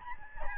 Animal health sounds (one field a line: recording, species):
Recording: mosquito wingbeat signal from an infrared sensor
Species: Aedes albopictus